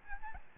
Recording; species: mosquito wingbeat signal from an infrared sensor; Aedes albopictus